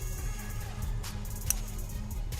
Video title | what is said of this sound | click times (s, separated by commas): Acura RSX Type S 2002 - 2006 Spark Plug Replacement | once you hear that click you know it's secure um and then you jump to the next one so | 1.5 s